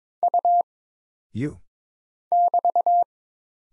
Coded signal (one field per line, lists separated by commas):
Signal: Morse code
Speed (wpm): 22 wpm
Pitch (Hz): 700 Hz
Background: none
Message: U <BT>